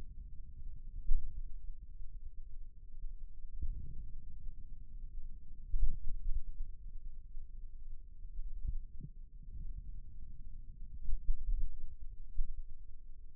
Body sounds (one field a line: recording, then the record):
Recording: forearm muscle sounds (acoustic myography)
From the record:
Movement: finger pinch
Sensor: system 2, bracelet of six BSWA MPA416 microphones around the upper forearm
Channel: 4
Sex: male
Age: 22 years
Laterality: right